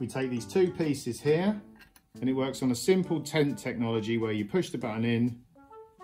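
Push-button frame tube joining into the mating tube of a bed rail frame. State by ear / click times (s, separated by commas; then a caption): not seated / none. Someone talks while handling two tubular frame pieces of a Safetots Mesh Bed Rail Narrow 90cm x 40cm, which join with a tent-pole style spring push-button that is pressed in so the tubes slide together. Music plays under the speech, with a brief pause near 2.0 s. The clip ends before the button clicks into place, so nothing has seated yet.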